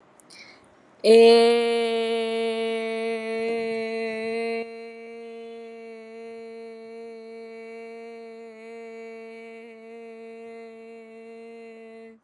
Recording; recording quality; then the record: sustained vowel as in made; excellent, no background noise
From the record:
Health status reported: exposed to COVID-19, no respiratory illness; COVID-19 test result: negative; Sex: female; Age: 23 years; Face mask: not worn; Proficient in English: yes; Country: India